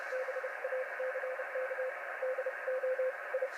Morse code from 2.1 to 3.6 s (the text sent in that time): DO I